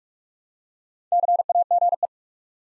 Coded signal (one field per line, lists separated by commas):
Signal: Morse code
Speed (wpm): 44 wpm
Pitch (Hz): 700 Hz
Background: none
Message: CAGE